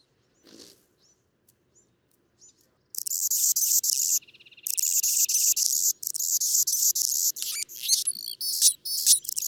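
Anna's hummingbird singing after a quiet start: harsh, scratchy high buzzes in long blocks, a short raspy trill, then thin chips and squeaks.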